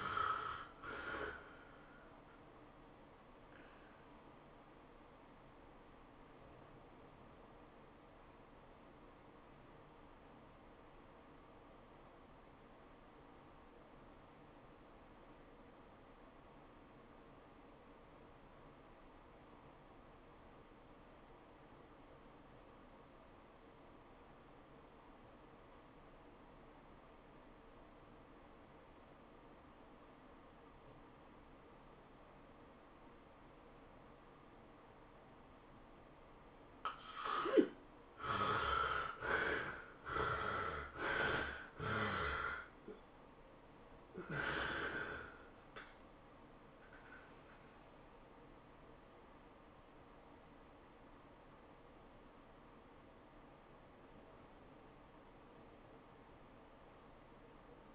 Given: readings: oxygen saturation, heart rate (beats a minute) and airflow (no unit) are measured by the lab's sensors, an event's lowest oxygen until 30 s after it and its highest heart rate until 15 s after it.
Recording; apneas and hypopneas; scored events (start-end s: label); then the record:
breathing in sleep by a voice recorder at the bedside; 1
6.00-37.80 s: obstructive apnea (REM, oxygen 91% highest, then 62% lowest, heart rate 98 at the start, 111 highest)
41.00-57.95 s: new sleep stage, N1 (lightest sleep)
From the record:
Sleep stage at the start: REM sleep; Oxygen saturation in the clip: 62 to 91%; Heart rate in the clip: 69 to 111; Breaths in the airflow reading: 5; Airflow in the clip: -21.4 to 11.4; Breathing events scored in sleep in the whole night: 403 in 5.5 hours asleep